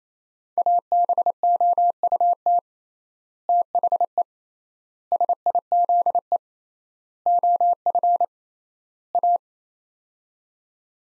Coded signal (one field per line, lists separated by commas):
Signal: Morse code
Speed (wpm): 27 wpm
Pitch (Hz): 700 Hz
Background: none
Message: ABOUT THE SIZE OF A